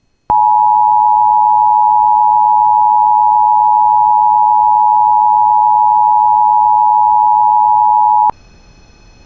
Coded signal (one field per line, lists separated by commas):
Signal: Emergency Alert System (SAME) tones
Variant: 853 and 960 Hz attention tone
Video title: [EAS] Severe Thunderstorm Warning for Todd and Sterns County June 23 2023